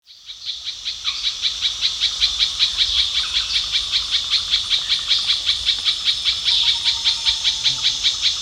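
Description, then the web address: Little spiderhunter giving rapid, evenly spaced high chips that build in loudness at the start and then run on steadily. Recorded at Danum on 1 January 2008. "DANUM 20080101. little spiderhunter"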